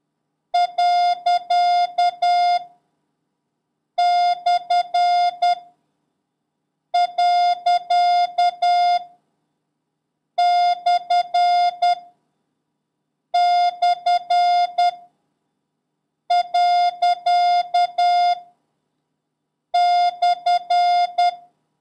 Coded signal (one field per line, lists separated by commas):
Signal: Morse code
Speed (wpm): 10 wpm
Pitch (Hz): 710 Hz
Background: none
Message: . / . / / . /